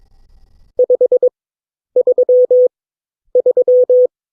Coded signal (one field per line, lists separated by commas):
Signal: Morse code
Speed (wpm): 21 wpm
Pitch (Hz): 500 Hz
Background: none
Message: 533